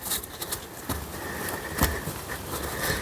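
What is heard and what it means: A plastic engine-bay component on a 2017 Mercedes-Benz E-Class W213 2 L diesel is handled and lined up with its mount during a service. Short knocks and rustling handling noises are heard over a steady background hiss. Nothing has seated or clicked into place yet.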